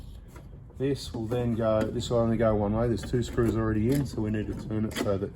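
A keyed cover part is handled on the body of a Zodiac CX20 pool cleaner; it fits only one way over two screws already in place and must be turned into position to lock in. Someone talks throughout, with a faint tap near 0.4 s. Nothing has seated or locked in yet by the end of the clip.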